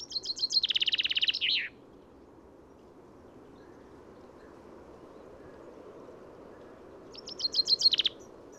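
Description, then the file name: Common chaffinch song: two bright, descending trilled phrases separated by a long quiet gap, over low, steady background noise. "Fringilla coelebs"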